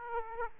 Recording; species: mosquito wingbeat signal from an infrared sensor; Aedes aegypti